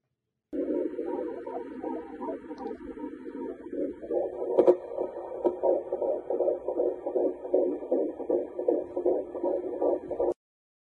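Rapid, regular whooshing pulses play over a steady hum, at about 158 beats a minute. This is a fetal heartbeat picked up by a prenatal ultrasound Doppler.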